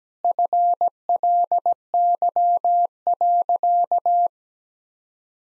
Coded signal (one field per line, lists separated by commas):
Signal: Morse code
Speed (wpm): 17 wpm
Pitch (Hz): 700 Hz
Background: none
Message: FLY.